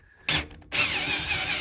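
A drill bit is pressed against a stripped screw head with a thin rubber band between them. A sharp burst at 0.3 s is followed by a steady whirring grind from about 0.7 s to the end. The bit slips on the stripped head despite the rubber band, and the screw does not come out.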